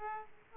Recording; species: mosquito wingbeat signal from an infrared sensor; Aedes aegypti